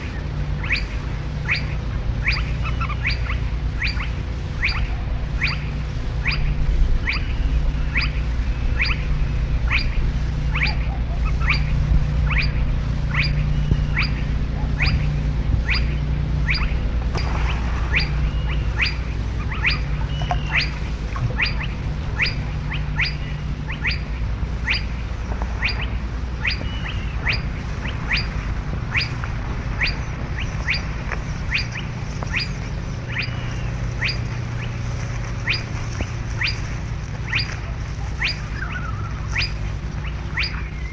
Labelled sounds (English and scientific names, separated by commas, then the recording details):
Spotted Crake (Porzana porzana)
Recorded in the wild
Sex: male
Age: adult
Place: Schelldorfer See, Altmark, Sachsen-Anhalt, DE
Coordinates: 52.47, 11.9542
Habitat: wetland
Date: 1965-07-04 22:00
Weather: keine Angabe
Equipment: Uher 4000 Report-S, Kopie BG 26/1
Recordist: Lippert, Wolfgang